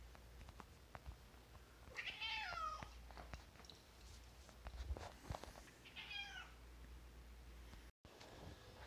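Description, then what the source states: Cat meowing twice, drawn-out wavering meows with a falling end, separated by a few seconds, with soft footsteps and clicks indoors. Domestic cat being looked after while pet sitting.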